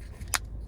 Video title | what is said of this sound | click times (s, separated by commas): 2019 Nissan Kicks How to replace remote battery | So when we put this back together, you're going to start at the top and work your way down and just squish it until it clicks all back together. | 0.3 s